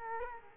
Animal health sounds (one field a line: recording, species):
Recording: mosquito wingbeat signal from an infrared sensor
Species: Culex quinquefasciatus